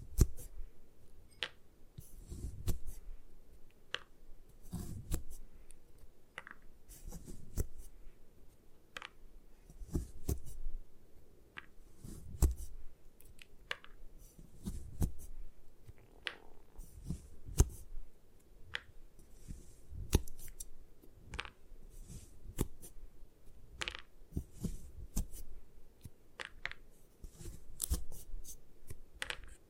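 Gym chalk is crushed and crumbled in irregular bursts, with dull low thuds and soft scraping every second or two. Sharp, bright clicks and crackles are scattered through the grinding, and short pauses fall between handfuls.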